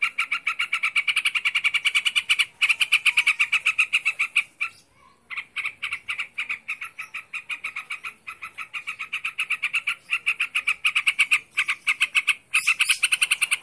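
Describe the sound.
Bird chattering in rapid runs of harsh, raspy pulses, with a brief quieter gap near the middle before continuing.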